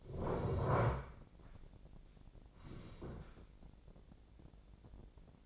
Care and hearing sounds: daily activity, microphone in the room; sit down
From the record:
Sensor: 5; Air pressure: 1012.4 hPa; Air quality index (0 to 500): 153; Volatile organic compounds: 2 ppm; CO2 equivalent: 1052 ppm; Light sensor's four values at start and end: 285/683/292/325 and 285/683/291/325

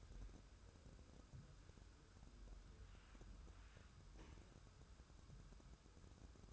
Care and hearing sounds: daily activity, microphone in the room; wipe stove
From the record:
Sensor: 2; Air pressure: 1014.9 hPa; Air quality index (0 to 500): 65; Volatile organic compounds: 1 ppm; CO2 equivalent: 798 ppm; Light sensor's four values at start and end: 13/35/14/15 and 13/35/14/15

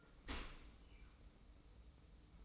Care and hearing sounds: daily activity, microphone in the room; open dishwasher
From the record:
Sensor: 1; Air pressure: 990.4 hPa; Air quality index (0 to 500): 177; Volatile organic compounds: 1000 ppm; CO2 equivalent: 6514 ppm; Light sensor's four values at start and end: 24/56/24/26 and 24/56/24/26

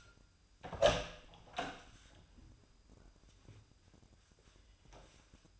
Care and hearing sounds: daily activity, microphone in the room; open door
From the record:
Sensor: 2

